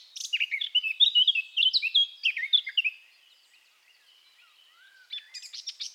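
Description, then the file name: Eurasian blackcap song: a fast, varied warble of sweet whistled notes lasting about three seconds, a pause, then a second burst of scratchy notes starting. "Sylvia atricapilla"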